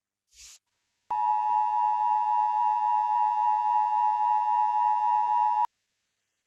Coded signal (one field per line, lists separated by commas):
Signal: Emergency Alert System (SAME) tones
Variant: 853 and 960 Hz attention tone